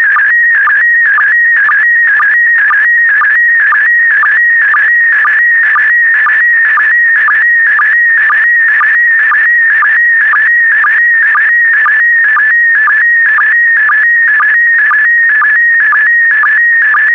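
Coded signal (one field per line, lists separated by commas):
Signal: SSTV (slow-scan television)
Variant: PD120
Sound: warbling tone shifting around 1.8 kHz with a short low chirp twice a second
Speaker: Transmission complete. You can now check your decoded image against the picture that is shown on the video.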